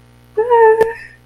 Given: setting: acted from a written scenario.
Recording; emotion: vocal sound without words; contentment